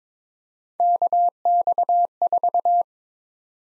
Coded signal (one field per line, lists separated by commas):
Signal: Morse code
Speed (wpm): 22 wpm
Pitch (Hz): 700 Hz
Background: none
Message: KX4